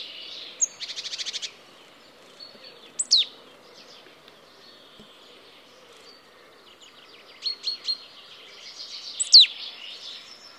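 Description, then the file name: Marsh tit calling: an opening buzzy rattled series, then a sharp descending note, a few soft chips, and another sharp descending note near the end. "Poecile palustris"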